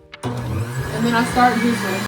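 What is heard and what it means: The locking arm of a Hamilton Beach HealthSmart Compact Juice Extractor latches over its cover just before juicing, giving a short sharp snap at 0.1 s and another hit at 0.2 s. The arm seats and locks into place, and the juicer's steady motor whine starts right away and runs to the end. Someone talks and music plays over it.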